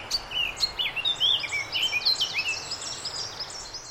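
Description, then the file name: Eurasian blackcap sings a continuous, lively warble of clear, fluting whistles and quick slurred notes, varied and rapid throughout the four seconds. "Sylvia atricapilla"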